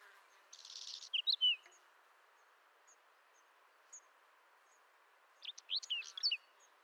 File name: Sizerin-flammé